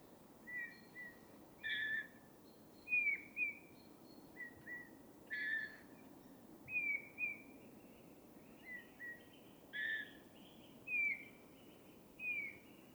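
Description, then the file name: Eurasian bullfinch calls, soft piping whistles in small groups every second or so, several slightly falling, over a low continuous background rumble. "Pyrrhula pyrrhula"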